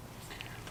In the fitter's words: I'm gonna pull up on the small gray locking tab until it clicks and